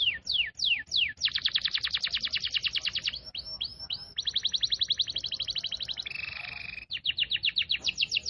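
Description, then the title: Canary song of rapid rolling trills, falling and rising sweeps repeated several times a second, and a brief buzzy tone near the end. Canary song in the cengkok mewah pattern. "Cengkok Kenari Mewah. Suara kenari cengkok mewah"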